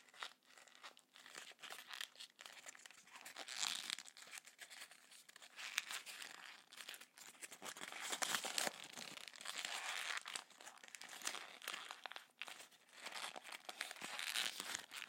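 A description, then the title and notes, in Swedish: Paper is crumpled and crinkled in a dense, continuous stream of crisp, bright rustles and sharp crackles that swell and ease without stopping. Occasional louder crunches and a brief tearing sound stand out. I detta specialavsnitt så är det lite papper ASMR.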